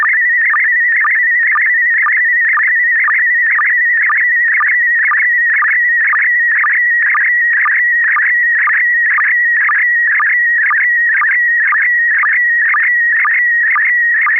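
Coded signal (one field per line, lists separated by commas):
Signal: SSTV (slow-scan television)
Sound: steady whistling tone with rhythmic warbling chirps about twice per second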